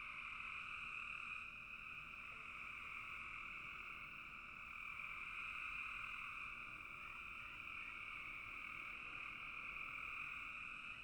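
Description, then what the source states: Frogs chorusing continuously, a high, ringing wall of overlapping calls. Frogs in a bog.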